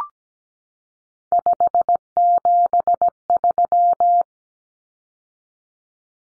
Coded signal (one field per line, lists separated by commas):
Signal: Morse code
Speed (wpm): 17 wpm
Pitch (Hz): 700 Hz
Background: none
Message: 573